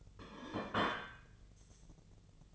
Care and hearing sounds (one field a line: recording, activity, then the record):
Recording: daily activity, microphone in the room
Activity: place plate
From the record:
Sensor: 4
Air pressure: 1010.2 hPa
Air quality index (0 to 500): 181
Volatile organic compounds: 5 ppm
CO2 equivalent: 1830 ppm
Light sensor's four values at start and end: 31/92/36/35 and 31/92/36/35